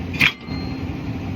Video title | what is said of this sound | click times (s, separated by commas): HOW TO: Attach WESTERN PRO PLUS (T2 16' RAM 2500HD) | until you hear it lock in. | 0.2 s